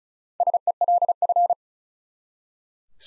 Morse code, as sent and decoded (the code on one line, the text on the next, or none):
... . .-.. ..-.
SELF